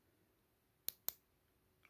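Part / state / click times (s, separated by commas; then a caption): stylus pen in smartphone silo / released / 0.9 s, 1.1 s. A finger pushes the stylus pen inward into its silo on a Samsung Galaxy Note 20 smartphone, and the push-push latch gives two sharp clicks at 0.9 s and 1.1 s. The latch releases and the pen pops out of the silo, followed by a faint soft tick near 1.9 s.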